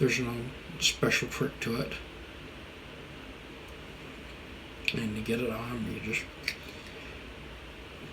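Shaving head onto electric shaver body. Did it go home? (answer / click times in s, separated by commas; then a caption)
yes / 6.5 s. Someone talks while the plastic shaving head of a Philips Norelco 7500 electric shaver is pushed back onto the shaver body. A short, sharp snap at 6.5 s marks the head seating firmly in place.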